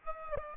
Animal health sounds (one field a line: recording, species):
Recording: mosquito wingbeat signal from an infrared sensor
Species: Aedes aegypti